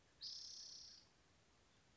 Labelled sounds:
Spotted Towhee (Pipilo maculatus)
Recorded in Sonoma County, California

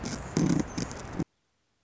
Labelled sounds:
Anna's Hummingbird (Calypte anna)
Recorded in Sonoma County, California

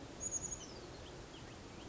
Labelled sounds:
Chestnut-backed Chickadee (Poecile rufescens)
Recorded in Sonoma County, California

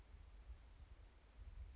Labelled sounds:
California Towhee (Melozone crissalis)
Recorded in Sonoma County, California

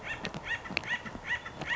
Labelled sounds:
Acorn Woodpecker (Melanerpes formicivorus)
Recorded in Sonoma County, California

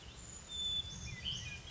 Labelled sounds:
Brown Creeper (Certhia americana)
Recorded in Sonoma County, California

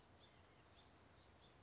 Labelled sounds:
House Finch (Haemorhous mexicanus)
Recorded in Sonoma County, California

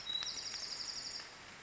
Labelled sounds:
Bewick's Wren (Thryomanes bewickii)
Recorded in Sonoma County, California

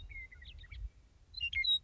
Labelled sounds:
Western Meadowlark (Sturnella neglecta)
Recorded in Sonoma County, California

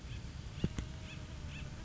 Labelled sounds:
Acorn Woodpecker (Melanerpes formicivorus)
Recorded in Sonoma County, California

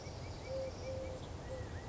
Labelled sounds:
Eurasian Collared Dove (Streptopelia decaocto)
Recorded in Sonoma County, California

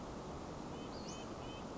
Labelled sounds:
Western Flycatcher (Empidonax difficilis)
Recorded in Sonoma County, California

